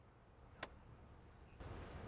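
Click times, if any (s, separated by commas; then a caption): 0.6 s. A stiff DC fast-charging cable is twisted so its CCS plug reaches an electric car's charge port, and the plug is pushed in. A sharp click at 0.6 s marks the plug seating in the port, over a low steady background hum that gets louder near the end.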